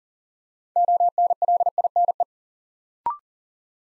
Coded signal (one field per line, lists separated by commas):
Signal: Morse code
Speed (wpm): 39 wpm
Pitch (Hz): 700 Hz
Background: none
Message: ONLINE